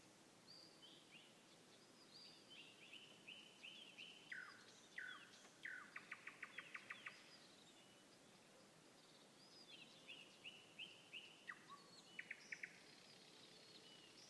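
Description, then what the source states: Nightingale song phrases with whistles, downslurred notes and rapid rattling trills. Song recorded 21 May 2016.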